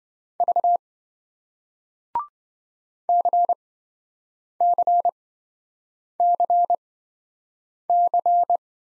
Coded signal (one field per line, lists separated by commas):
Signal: Morse code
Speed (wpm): 28 wpm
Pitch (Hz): 700 Hz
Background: none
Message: V CCCC